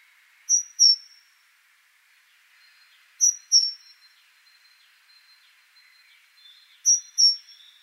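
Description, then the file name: Great tit repeating a strong, high two-note phrase three times, each note a quick whistle with a falling tail, faint twittering in the background. "Parus major"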